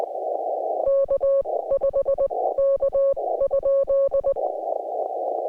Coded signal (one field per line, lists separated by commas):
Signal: Morse code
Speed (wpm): 19 wpm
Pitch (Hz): 550 Hz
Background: none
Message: K 5 K?